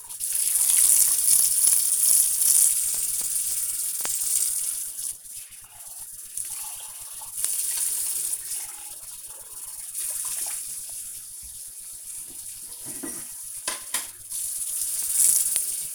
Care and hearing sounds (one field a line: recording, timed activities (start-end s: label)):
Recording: household activities, microphone on the right wrist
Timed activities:
0.00-15.95 s: washing dishes